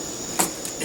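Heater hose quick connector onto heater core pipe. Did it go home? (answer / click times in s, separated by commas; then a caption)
no / none. On a 2012 Ford Focus 2.0 liter, the heater core hose quick-connect fitting is pushed onto the plastic heater core pipe during a heater hose replacement. Over a steady background hum with a thin high tone, a sharp knock sounds at 0.4 s and a fainter one at 0.65 s. The connector does not lock, and nothing has seated or clicked yet.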